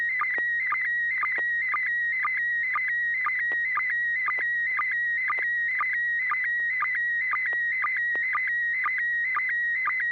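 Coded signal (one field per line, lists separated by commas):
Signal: SSTV (slow-scan television)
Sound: steady high warbling tone with rhythmic low chirps about twice a second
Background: faint low hum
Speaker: yeah I've got one to send out and let's see oops turn on templates I almost forgot to do that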